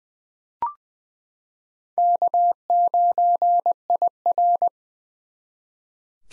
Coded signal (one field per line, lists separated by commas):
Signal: Morse code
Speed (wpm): 21 wpm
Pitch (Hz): 700 Hz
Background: none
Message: K9IR